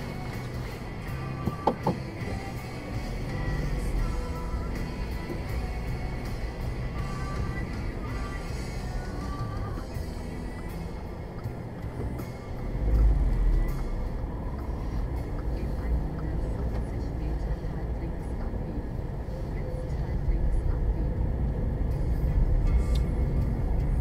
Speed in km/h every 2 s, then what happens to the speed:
0, 4, 6, 8, 7, 1, 8, 12, 17, 18, 17, 20.
0-6 pulls away to 8. 6-11 slows to 1. 11-24 pulls away to 20.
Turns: 11-15, 15-20.